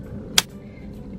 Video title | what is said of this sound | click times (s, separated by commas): Disabled and Driving: Car Tour 2018 - My Wheelchair Accessible Vehicle (WAV)- ALifeLookingUp | it into the hole and then you just kind of push until it clicks | 0.4 s